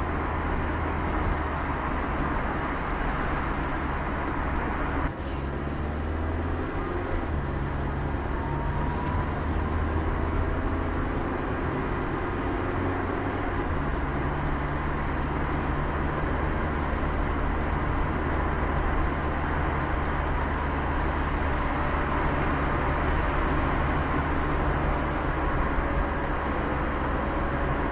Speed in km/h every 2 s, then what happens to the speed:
79, 78, 78, 78, 78, 77, 77, 75, 73, 70, 67, 64, 62, 58.
0-15 steady at about 78. 15-28 slows to 58.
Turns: none.